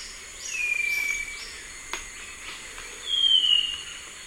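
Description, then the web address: Tawny-crowned greenlet whistling two thin, gently falling notes, the second higher than the first, with a constant insect hum behind. Recorded in the eastern lowlands of South America. "Natures Songs S America Eastern Lowlands. Tawny-crowned Greenlet"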